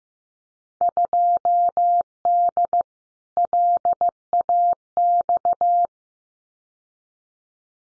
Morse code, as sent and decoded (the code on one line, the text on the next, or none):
..--- -.. / .-.. .- -..-
2D LAX